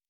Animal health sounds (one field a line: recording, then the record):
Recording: hydrophone in a shrimp aquaculture tank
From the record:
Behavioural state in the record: normal